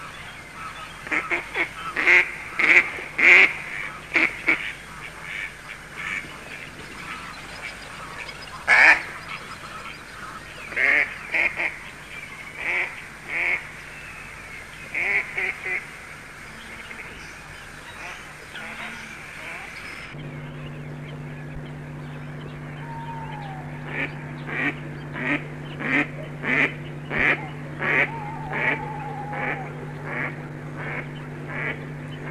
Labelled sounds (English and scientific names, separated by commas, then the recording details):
Mallard (Anas platyrhynchos) flight call
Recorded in the wild
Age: adult
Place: Petershain, Niederlausitz, Sachsen, DE
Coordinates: 51.3167, 14.7514
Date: 1962-06-08
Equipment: Grundig TK 1 Luxus
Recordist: Meyer, Hugo